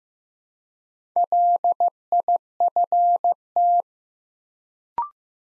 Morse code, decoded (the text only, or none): LIFT